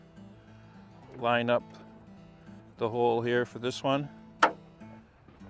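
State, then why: Seated. Someone talks while lining up the socket end of a front trunk (hood) gas strut on a Tesla Model 3 with its lower ball stud, over a steady low background hum. A single loud, sharp snap at 4.4 s marks the strut end snapping onto the ball stud and seating.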